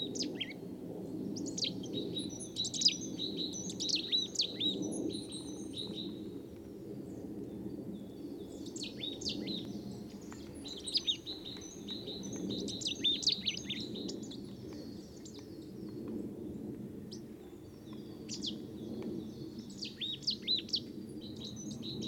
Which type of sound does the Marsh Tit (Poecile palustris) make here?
call